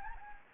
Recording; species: mosquito wingbeat signal from an infrared sensor; Anopheles gambiae